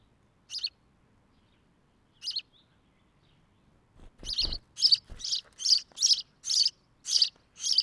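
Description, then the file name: House sparrow giving two isolated chirps, then, with a few low knocks, a run of chirps about twice per second to the end. "Passer domesticus"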